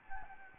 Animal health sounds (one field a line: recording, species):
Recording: mosquito wingbeat signal from an infrared sensor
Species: Anopheles gambiae